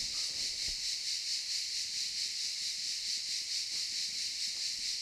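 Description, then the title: Cicadas produce a constant, high hissing buzz that pulses gently, with a soft brief knock near the start. Cicadas in the pine forest of a campsite at Albinia, Grosseto, Tuscany, Italy. "Camping Africa, Via Aurelia, Albinia, Grosseto, Toscana, , Italia - Cicale nel campeggio"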